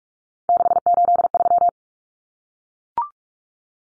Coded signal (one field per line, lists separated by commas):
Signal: Morse code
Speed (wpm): 44 wpm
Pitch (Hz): 700 Hz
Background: none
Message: 683